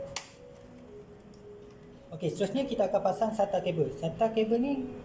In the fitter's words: hingga Ibu bunyi click to